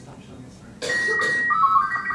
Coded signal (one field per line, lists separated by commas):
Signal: SSTV (slow-scan television)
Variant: Robot 36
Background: speech